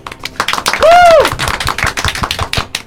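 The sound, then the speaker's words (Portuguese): Brisk applause of many hands clapping irregularly throughout, with a loud whistle that rises and falls briefly near the start. “Mais digno neste aplauso.”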